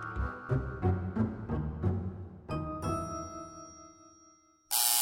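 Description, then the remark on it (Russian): A rattling apartment doorbell in Moscow, December 2014, rings with two bright, sustained metallic tones that ring out and slowly fade, after a run of rhythmic low pulses. A sudden loud burst of harsh noise cuts in at the end. “Внезапно раздавшийся дребезжащий звук дверного звонка заставил друзей вздрогнуть.”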